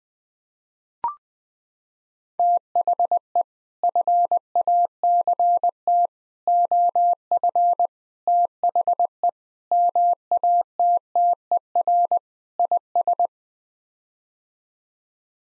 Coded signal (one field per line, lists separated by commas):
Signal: Morse code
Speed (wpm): 20 wpm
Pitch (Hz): 700 Hz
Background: none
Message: THE FACT OF THE MATTER IS